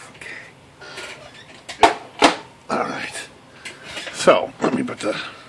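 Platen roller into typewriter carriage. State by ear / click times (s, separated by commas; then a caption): not seated / none. Someone talks while handling the rubber platen roller of an Adler (Royal) SE1000 golf-ball single-element electric typewriter, about to drop it back into its carriage mounts. A few short knocks and handling sounds come between the words. The roller has not seated or clicked into place yet.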